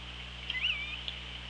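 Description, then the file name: Killer whale call: a short whistled tone that rises and falls, heard over steady hydrophone hiss and a constant low hum. OrcaLab hydrophone, 24 August 2017 at 15:59. "Orca Lab UTLN JASON 20170824 155940"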